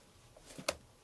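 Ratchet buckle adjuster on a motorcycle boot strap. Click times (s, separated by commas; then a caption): 0.7 s. On a Sidi Adventure 2 GTX motorcycle boot, the small pop mechanism of the ratchet buckle adjuster on the strap is twisted back into place after the strap length is adjusted. A faint rustle precedes one sharp click at 0.7 s as the adjuster locks, and the strap is set.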